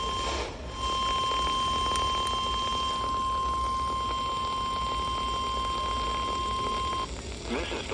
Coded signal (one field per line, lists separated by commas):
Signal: Emergency Alert System (SAME) tones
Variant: 1050 Hz attention tone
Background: speech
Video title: Finally got this running! (LOX Required Weekly Test) (EAS #1,155)